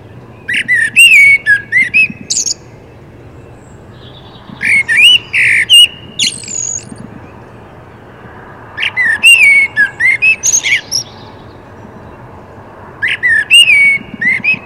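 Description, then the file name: Common blackbird repeating song phrases roughly every four seconds, each a low fluty warble followed by a jumble of high, squeaky twittering notes. "Turdus merula"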